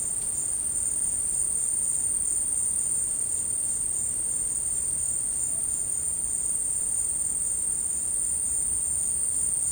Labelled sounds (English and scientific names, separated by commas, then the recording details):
none
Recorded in secondary vegetation near Puerto Asís, Putumayo, Colombia, on 19 March 2025 at 13:00
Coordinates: 0.502, -76.326
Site G100